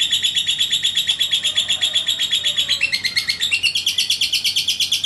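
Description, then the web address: Lovebird chatter: rapid, regular high chirps, shifting slightly higher in pitch after about three seconds. "love-bird suara-lovebird-paud"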